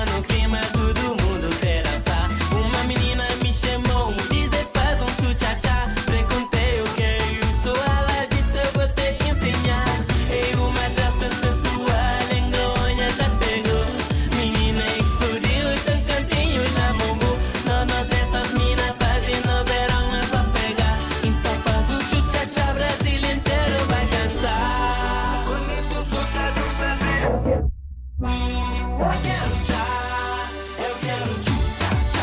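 A lively Friday evening at the St Savin bowling alley: loud, dense, unbroken sound with fast, regular beats and ringing tones, like pounding music. After about 25 seconds the texture thins, with a sudden brief drop near 28 seconds.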